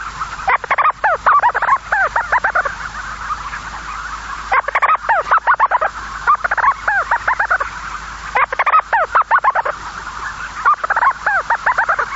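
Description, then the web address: Storm petrel chattering calls: recurring bursts of quick, sharply downslurred, stuttering notes, each lasting a few seconds, over a steady background hiss. "sikioto. umitsubame"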